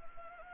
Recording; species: mosquito wingbeat signal from an infrared sensor; Anopheles gambiae